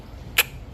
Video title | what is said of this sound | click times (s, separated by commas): DIY installation Genius Retractable Screen Systems from Costco | going to plug it in then you're gonna plug it in there till it clicks. | 0.4 s